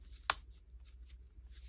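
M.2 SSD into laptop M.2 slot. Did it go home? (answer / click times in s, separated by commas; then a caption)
yes / 0.3 s. An M.2 SSD is pressed down into the M.2 slot of an HP Elitebook 835 G7 laptop (also applies to the HP Elitebook 830 G7), giving a single sharp click at 0.3 s. Faint rustling and low hum follow. The SSD is seated in place.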